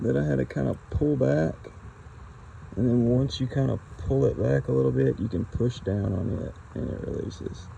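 The small gray plastic locking tab on the electrical connector of a 2018 Chevy Traverse A/C compressor is being handled during a compressor swap. Someone talks throughout as the tab is pulled back and pushed down to release, with faint background noise between phrases. Nothing has seated or clicked yet.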